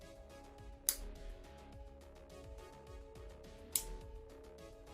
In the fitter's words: some satisfying clicks and